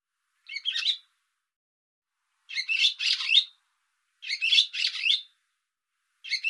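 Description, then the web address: Bird producing raspy, squawky chirp groups roughly every two seconds. "cianscape birddata Deverinetal 2025"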